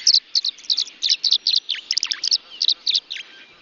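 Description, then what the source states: Tree Swallow chirps: a rapid series of bright, high twittering notes, often paired, with little else heard. Swallows swooping and gliding in June sunlight, gathering near nest boxes clustered on posts at the edge of a marsh.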